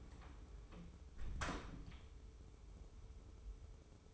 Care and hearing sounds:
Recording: daily activity, microphone in the room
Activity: close door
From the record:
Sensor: 1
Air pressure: 1015.2 hPa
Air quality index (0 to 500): 124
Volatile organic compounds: 4 ppm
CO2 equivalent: 1690 ppm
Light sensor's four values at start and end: 14/33/14/15 and 14/33/14/15

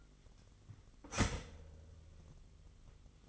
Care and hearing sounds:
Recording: daily activity, microphone in the room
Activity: start toaster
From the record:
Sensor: 4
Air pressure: 1002.7 hPa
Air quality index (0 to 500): 234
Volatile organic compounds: 16 ppm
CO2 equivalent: 2535 ppm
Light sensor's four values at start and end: 21/73/27/27 and 18/60/23/22

